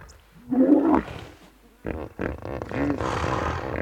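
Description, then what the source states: Hippopotamus grunting calls: a short harmonic, honking burst, a pause, then a longer run of rough, wheezy grunts in quick succession. Several hippos calling nearby in a river.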